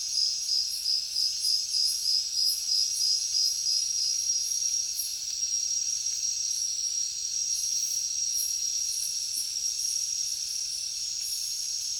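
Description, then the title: Crickets chirping in a dense, high-pitched chorus, pulsing rapidly for the first few seconds and then settling into a steady trill, with shimmering higher insect pulses above. Heavy cricket chorus at night in a jungle. "alex productions ambient music nature. Jungle night heavy crickets"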